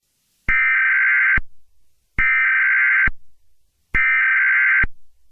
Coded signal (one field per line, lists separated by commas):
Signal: Emergency Alert System (SAME) tones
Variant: header bursts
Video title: Eas scenario - Evil Barney Invasion (LIPRA SEVEN RE-UPLOAD)